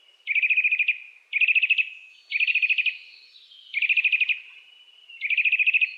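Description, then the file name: Eurasian nuthatch calling: five quick bursts of rapid, even, piping notes, each run lasting under a second, repeated at short, irregular intervals over a quiet background. "Sitta europaea"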